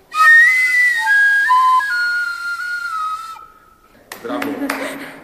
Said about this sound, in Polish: To może przetestujmy ten flet. Zahraj. A, zahraj, ok.